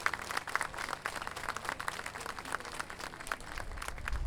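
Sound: audience applause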